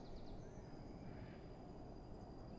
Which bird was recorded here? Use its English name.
Eurasian Blue Tit